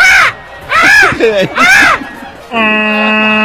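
Three loud, raspy squawks from a macaw, each harsh and arching in pitch, followed by a steady, low droning horn-like tone that holds to the end.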